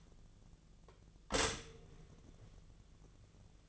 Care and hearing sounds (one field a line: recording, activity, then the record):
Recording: daily activity, microphone in the room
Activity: stop toaster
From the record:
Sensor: 4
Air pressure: 1001.0 hPa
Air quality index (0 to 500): 165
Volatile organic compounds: 2 ppm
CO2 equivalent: 1200 ppm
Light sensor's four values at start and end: 19/43/18/19 and 20/47/20/21